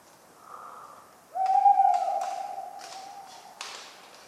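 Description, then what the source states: Tawny owl giving a long, level, pure hoot lasting about two seconds after a faint soft sound, with a few dry taps and clicks around it. Cold autumn night, 11 November 1995, at the Ménigoute ornithological film festival, France; a talkative owl; regular falling acorns; the recordist fell asleep, so his sleeping sounds mix in.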